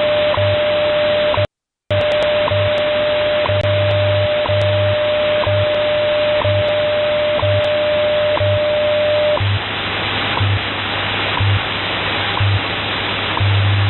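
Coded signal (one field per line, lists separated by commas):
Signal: radio time signal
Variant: WWV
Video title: 17 04 2014 WWV Fort Collins, Colorado 1105 on 25 MHz via SDR in MidState, NY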